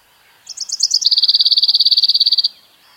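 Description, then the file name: Common chaffinch phrase: several sharp introductory notes followed by a rapid, level rattling trill of uniform notes, cut off cleanly, with a quiet background. "Fringilla coelebs"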